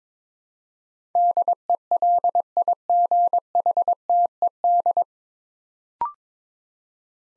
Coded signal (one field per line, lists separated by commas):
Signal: Morse code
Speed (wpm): 22 wpm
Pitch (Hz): 700 Hz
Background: none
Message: DELIGHTED